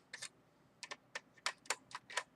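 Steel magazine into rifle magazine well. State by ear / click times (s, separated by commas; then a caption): not seated / none. A surplus steel magazine of unknown origin is hooked at the front and carefully rocked back into the magazine well of a Palmetto State Armory PSAK47 rifle on a second try. A series of short, sharp metallic clicks sounds as the metal hits the well, at about 0.3, 0.8, 1.2, 1.5, 1.7 and 2.2 seconds. The magazine catch never engages and nothing has latched, so it is a no-go.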